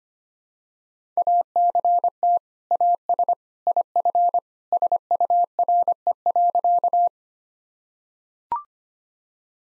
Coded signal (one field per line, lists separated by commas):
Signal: Morse code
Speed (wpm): 25 wpm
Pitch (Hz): 700 Hz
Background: none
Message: ACT AS IF SURE.